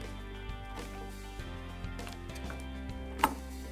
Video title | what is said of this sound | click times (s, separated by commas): Video Editing PC Computer "How To" Build Guide Video | Till it clicks. | 3.2 s